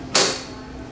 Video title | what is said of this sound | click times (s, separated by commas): DM-III Setup for MTI | and then lock the feed roll into place you're going to hear it snap | 0.2 s